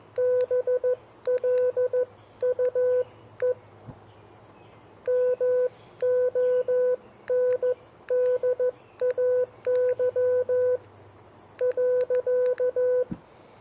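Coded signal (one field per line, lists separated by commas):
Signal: Morse code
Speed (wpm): 14 wpm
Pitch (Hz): 500 Hz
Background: none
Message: BLUE MONDAY .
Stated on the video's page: CW copy practice of common phrases, sent on a TR45L or Elecraft KX2 with paddle keys, MC-750 vertical whip, battery powered.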